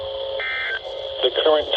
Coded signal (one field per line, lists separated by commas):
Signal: Emergency Alert System (SAME) tones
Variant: end-of-message bursts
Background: speech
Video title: Required Weekly Test | EAS #634 - #635